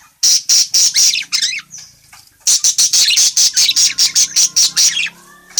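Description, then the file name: Parakeet: quick runs of shrill, scratchy chirps, a brief pause with softer twitter, then a longer steady run of sharp notes. Calling parakeet, described as gacor, meaning in full, lively voice. "suara burung parkit gacor memanggil"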